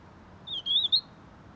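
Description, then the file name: European robin giving a single, high, thin warbled phrase with a wavering whistle, brief and clear against soft background noise. "Erithacus rubecula"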